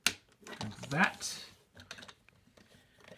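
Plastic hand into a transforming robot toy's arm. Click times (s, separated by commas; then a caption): 0.1 s. A plastic robot hand is pulled up out of the arm of a Transformers Combiner Wars Titan Class Devastator Scrapper toy figure and snaps into place with a sharp click at 0.1 s. Someone talks, and a few softer plastic clicks and handling sounds follow. The hand is seated.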